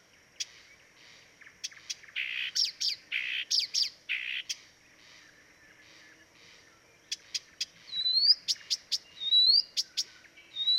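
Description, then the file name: Blyth's reed warbler song: bursts of harsh chacking notes and buzzy phrases, then after a pause, clear whistled upslurs mixed with sharp clicks, repeated several times. Dviete. "dviete acrocephalus dumetorum"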